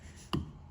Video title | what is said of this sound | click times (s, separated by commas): Can I Save This Savage 1907? | inside most position it clicks in you can hear it there | 0.3 s